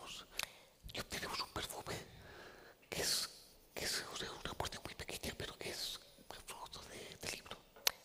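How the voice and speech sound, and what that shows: An adult man speaks Spanish in a near-whisper, with little real voiced tone, in short phrases broken by brief pauses. This is the whispery voice of laryngeal dystonia (spasmodic dysphonia), a neurological condition in which involuntary spasms of the larynx prevent normal voicing.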